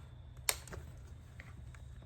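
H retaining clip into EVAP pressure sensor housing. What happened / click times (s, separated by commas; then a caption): The clip clicked once but is not fully home / 0.5 s. A metal H retaining clip is pushed into the EVAP pressure sensor housing on a Honda Element, giving a sharp click at 0.5 s followed by a few fainter ticks. The clip is not yet fully home after that first click.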